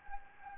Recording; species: mosquito wingbeat signal from an infrared sensor; Anopheles gambiae